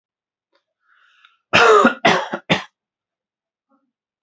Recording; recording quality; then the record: heavy voluntary cough; excellent, no background noise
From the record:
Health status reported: healthy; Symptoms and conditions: none ticked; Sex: male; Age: 23 years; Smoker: not ticked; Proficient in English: yes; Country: India